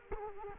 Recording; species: mosquito wingbeat signal from an infrared sensor; Culex quinquefasciatus